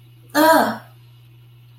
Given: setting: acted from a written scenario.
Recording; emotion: vocal sound without words; distress